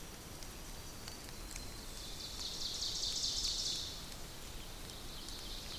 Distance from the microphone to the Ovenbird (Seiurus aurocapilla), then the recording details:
about 60 m. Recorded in boreal forest in Alberta, Canada, on 2 June 2016 at 08:03. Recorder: SongMeter 3, array SBT-3-7. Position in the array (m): 191 m, 1 m. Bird 6